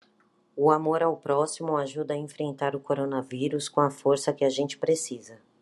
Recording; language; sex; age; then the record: spoken sentence; Brazilian Portuguese; female; 40 to 49 years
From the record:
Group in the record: control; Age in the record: 42 years